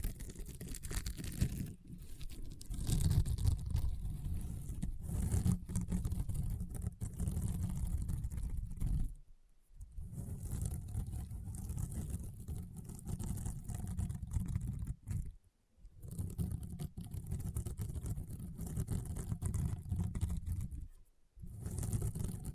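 Crunchy, popping slime being squeezed and pressed, a dense stream of small crackles over a deep, rumbling low texture. The handling runs almost continuously, broken by brief near-silent pauses at about 9, 15 and 21 seconds before resuming.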